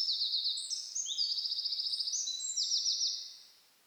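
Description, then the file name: Eurasian wren song, a shrill, hurried sequence of high notes including an even rattling trill, ending after about three seconds. "Troglodytes troglodytes"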